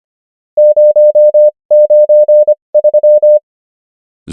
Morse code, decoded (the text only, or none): 093